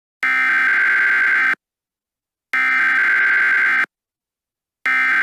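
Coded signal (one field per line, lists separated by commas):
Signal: Emergency Alert System (SAME) tones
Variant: header bursts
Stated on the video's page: EAS tones in a fictional scenario made with Movie Maker 2012.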